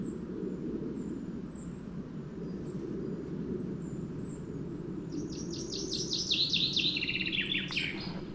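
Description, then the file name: Common chaffinch sings a rapid descending phrase in the second half, over steady low rumbling noise and repeated high thin chirps. "Fringilla coelebs"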